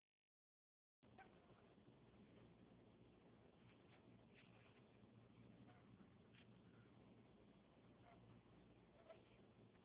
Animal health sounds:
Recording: mosquito flight sound by mobile phone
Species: Anopheles gambiae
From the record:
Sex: male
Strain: Kisumu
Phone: Huawei 866C

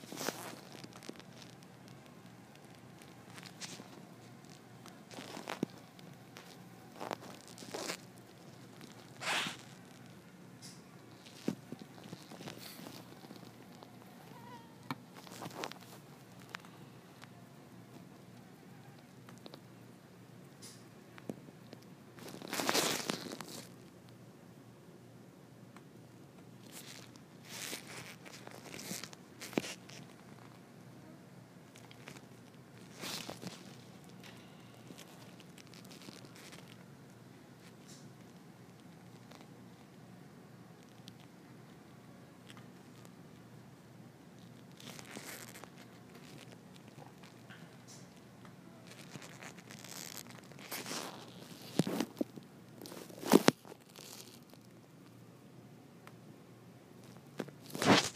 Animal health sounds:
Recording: mosquito flight sound by mobile phone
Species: Culex quinquefasciatus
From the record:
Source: SanMateoVCD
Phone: iPhone 4S

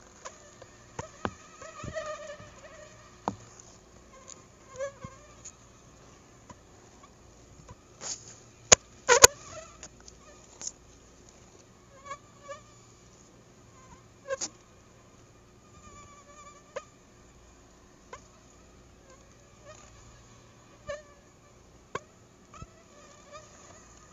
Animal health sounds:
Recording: mosquito flight sound by mobile phone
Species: Anopheles gambiae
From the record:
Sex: female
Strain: Akron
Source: CDC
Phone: Google Nexus

